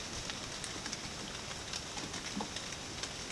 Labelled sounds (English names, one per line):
none